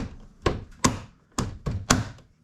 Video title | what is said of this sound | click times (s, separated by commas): E90 gets Motorsport look for $100! | and you'll hear it all click in | 0.5 s, 0.8 s, 1.4 s, 1.9 s